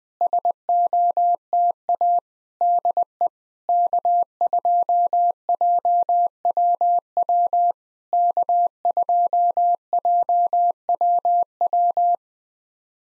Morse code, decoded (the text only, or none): SOTA DE K2JWW K2JWW